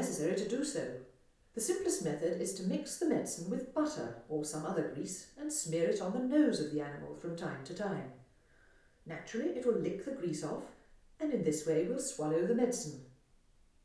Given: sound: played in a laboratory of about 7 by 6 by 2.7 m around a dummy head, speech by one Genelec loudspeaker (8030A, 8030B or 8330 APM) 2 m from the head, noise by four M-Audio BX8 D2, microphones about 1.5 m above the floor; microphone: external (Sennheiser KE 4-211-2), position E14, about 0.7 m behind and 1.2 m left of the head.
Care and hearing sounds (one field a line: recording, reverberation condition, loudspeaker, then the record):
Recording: female speech in English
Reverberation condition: medium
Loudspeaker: 30 degrees to the left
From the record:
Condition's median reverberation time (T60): about 510 ms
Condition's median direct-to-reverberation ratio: about -0.5 dB